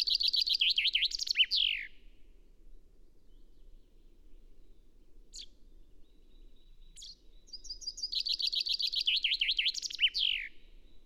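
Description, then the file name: Common chaffinch singing twice: a bright descending trill ending in a flourish, with a few short sharp notes in the gap between the songs. "Fringilla coelebs"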